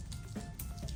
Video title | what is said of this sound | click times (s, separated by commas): How to test ethanol content from the tank (low cost method) for a 3.7 Mustang. | and it locks. So now it's locked on completely. | 0.6 s